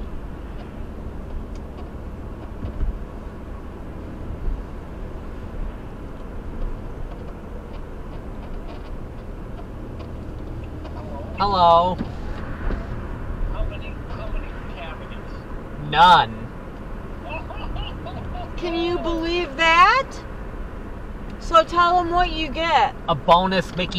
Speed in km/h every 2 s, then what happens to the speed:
56, 58, 60, 58, 58, 58, 58, 61, 61, 63, 63, 61.
0-20 steady at about 58.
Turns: none.